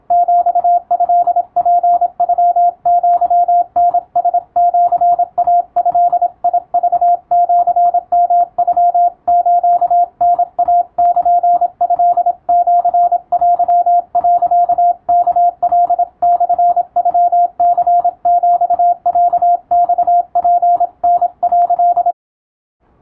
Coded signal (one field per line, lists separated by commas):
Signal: Morse code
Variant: Japanese Wabun code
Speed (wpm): 26 wpm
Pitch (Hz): 700 Hz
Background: radio noise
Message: ヒトツノアタラシイドクシヨノスタイルトシテ、ワカモノニヒロマツタ」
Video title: 青春カムバック！懐かしいモールス通信をもう一度聞き直してみよう！YouTubeの再生速度を調整して受信練習を始めてみませんか(morse code practice radio operator )